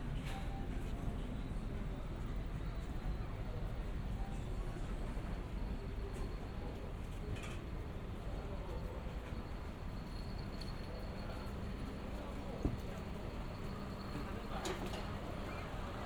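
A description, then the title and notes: A street walk through Shinbashi, Tokyo, with a steady low rumble of traffic filling the whole stretch. Voices murmur underneath, and brief clicks and brighter taps pop up now and then, with a sharp knock near the twelve-second mark. 3D AUDIO TOKYO WALKING - Shinbashi(新橋), Japan.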